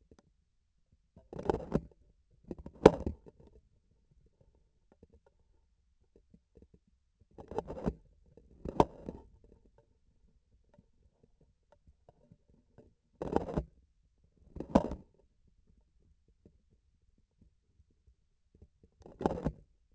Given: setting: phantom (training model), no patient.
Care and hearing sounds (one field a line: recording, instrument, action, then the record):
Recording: laparoscopic instrument, vibration sensor on the handle end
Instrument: grasping forceps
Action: opening and closing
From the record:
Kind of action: tool actuation without material contact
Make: other than Olympus